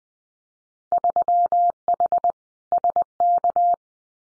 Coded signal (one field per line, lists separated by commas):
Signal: Morse code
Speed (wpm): 20 wpm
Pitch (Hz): 700 Hz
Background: none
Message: 3H SK